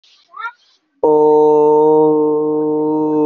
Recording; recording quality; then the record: sustained vowel as in boot; excellent, no background noise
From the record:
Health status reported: healthy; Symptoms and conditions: fever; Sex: male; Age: 23 years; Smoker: not ticked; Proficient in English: yes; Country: India